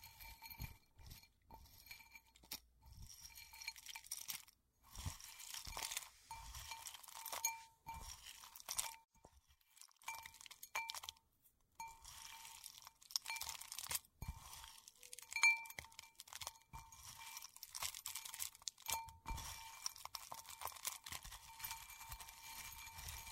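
A blade carves into a bar of soap, with dense runs of crisp scraping and crunching strokes that come in quick bursts throughout, broken by brief pauses near 5, 11 and 14 seconds. A faint steady whine hums underneath, and a small clink stands out around 15 seconds.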